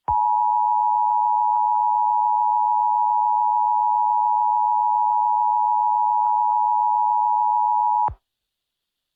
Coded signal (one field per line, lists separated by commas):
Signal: Emergency Alert System (SAME) tones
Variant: 853 and 960 Hz attention tone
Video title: Eas Alert Fart Tornado